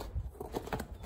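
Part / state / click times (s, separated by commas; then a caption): tire bead into bicycle rim / seated / 0.7 s. A tubeless bicycle tire bead is folded over and pushed onto the bike rim, with faint handling sounds and brief scrapes at about 0.4 and 0.8 s. The bead pops into place on the rim with a sharp click at 0.7 s, and it is seated.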